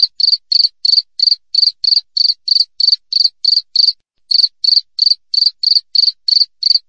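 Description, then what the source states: Cricket chirping in steady short pulses around three per second, high and narrow-pitched, broken by a single short gap; background otherwise silent. Clear wild cricket chirping with tightly spaced pauses, used as tutor audio for songbirds and to drive away rats.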